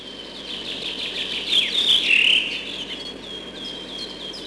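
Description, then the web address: Redwing song: a brief, bright, twittering phrase rises out of the background about two seconds in, while faint high-pitched chirping from other birds continues throughout. Spring. "vremena vesna drozd belobrovik"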